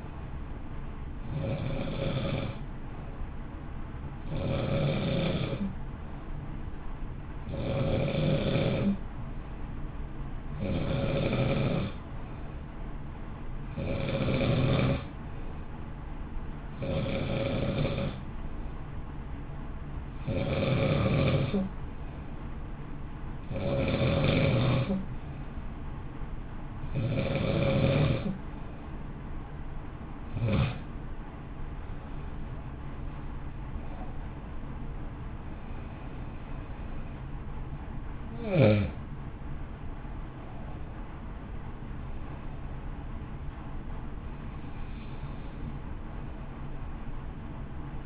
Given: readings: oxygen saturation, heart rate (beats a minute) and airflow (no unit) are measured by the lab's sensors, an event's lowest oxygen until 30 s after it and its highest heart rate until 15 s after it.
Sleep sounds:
breathing in sleep by a smartphone at the bedside; none
30.00-48.06 s: new sleep stage, N1 (lightest sleep)
From the record:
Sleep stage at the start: N2 (light sleep); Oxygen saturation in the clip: 91 to 93%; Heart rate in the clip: 56 to 60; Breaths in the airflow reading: 16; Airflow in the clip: -0.7 to 0.7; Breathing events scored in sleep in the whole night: 328 in 6.3 hours asleep

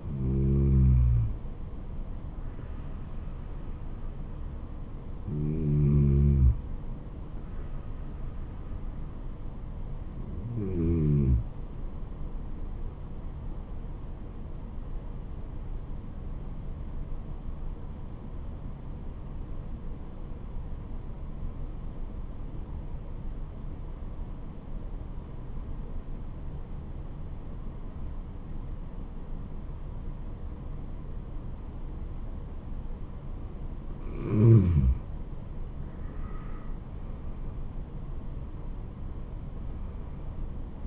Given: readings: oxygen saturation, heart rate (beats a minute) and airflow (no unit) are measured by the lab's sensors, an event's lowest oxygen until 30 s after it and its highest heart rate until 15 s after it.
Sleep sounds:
breathing in sleep by a smartphone at the bedside; 1
15.00-36.80 s: hypopnea (N1, oxygen 96% highest, then 91% lowest, heart rate 78 at the start, 78 highest)
15.00-40.87 s: new sleep stage, N2 (light sleep)
From the record:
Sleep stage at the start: N1 (lightest sleep); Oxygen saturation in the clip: 91 to 96%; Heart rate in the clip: 72 to 78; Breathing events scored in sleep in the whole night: 426 in 7.4 hours asleep

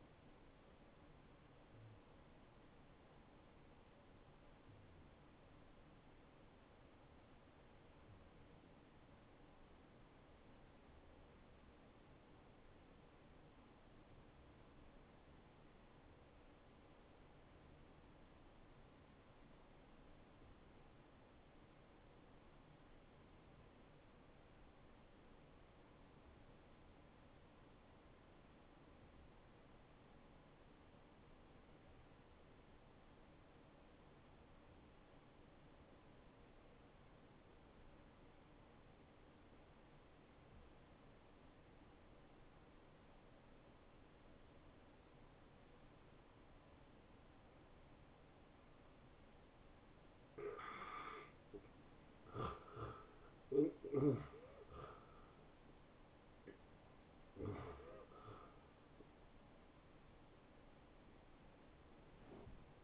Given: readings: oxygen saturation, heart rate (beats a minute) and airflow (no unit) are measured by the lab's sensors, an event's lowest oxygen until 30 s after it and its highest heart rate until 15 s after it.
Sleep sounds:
breathing in sleep by a voice recorder at the bedside; 1
3.00-51.30 s: hypopnea (N1, oxygen 94% highest, then 78% lowest, heart rate 80 at the start, 89 highest)
From the record:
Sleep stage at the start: N1 (lightest sleep); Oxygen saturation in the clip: 80 to 94%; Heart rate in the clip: 72 to 87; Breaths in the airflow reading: 13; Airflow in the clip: -21.2 to 9.3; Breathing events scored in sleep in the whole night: 263 in 5.5 hours asleep

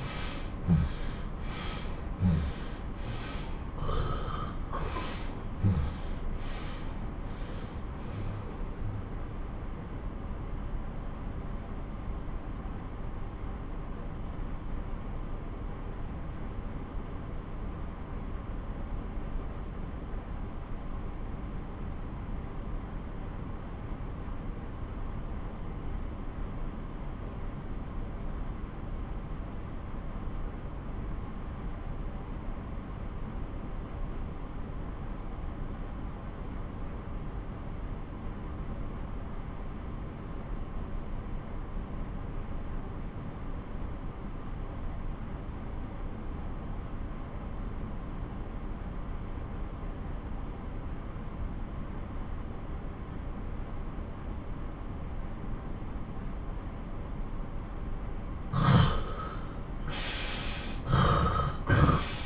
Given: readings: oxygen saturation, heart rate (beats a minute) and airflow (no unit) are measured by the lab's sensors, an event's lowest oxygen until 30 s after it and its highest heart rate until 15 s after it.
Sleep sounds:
breathing in sleep by a smartphone at the bedside; 1
8.00-56.70 s: obstructive apnea (REM, oxygen 87% highest, then 72% lowest)
From the record:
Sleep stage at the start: REM sleep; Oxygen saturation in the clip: 65 to 87%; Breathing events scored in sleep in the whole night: 217 in 6.3 hours asleep

